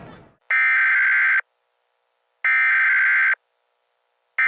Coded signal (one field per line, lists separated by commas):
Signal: Emergency Alert System (SAME) tones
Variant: header bursts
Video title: Primordial | An EAS Dinosaur Scenario